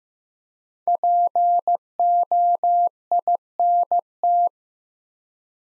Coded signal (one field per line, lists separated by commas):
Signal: Morse code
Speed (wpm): 15 wpm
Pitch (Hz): 700 Hz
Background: none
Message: POINT